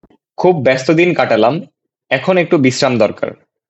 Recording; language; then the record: elicited speech; Bengali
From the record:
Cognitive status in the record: cognitively healthy